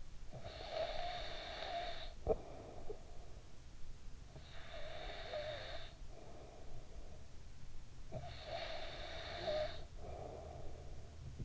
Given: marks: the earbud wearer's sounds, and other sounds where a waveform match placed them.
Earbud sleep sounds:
sounds in sleep by an in-ear microphone; snoring breath
0.00-7.54 s: snoring breath
7.83-11.45 s: snoring breath

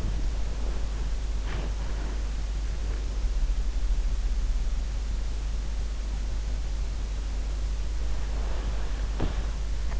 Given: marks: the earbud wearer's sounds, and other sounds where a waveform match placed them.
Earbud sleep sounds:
sounds in sleep by an in-ear microphone; body movement
0.00-3.85 s: body movement
8.18-9.99 s: sound from someone else or the room

